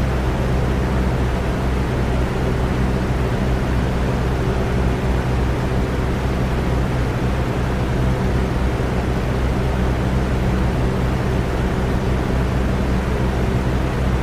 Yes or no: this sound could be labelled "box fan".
yes